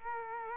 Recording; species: mosquito wingbeat signal from an infrared sensor; Culex quinquefasciatus